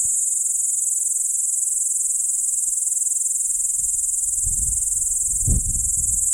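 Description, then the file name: P. capensis giving a continuous, high-pitched shrill hum that runs unbroken throughout, with a soft low gust of wind near the end. Recorded near Arniston. "P capensis nr Arniston"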